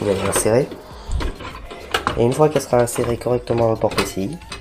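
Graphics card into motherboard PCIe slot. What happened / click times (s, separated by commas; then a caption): The card is being handled and has not seated yet / none. A large dual-fan graphics card is handled over a motherboard's PCIe slot, with the white retention latch already opened, while someone talks. A few short handling knocks are heard near 1.1, 1.2 and 2.0 seconds. The card has not yet seated or clicked into the slot.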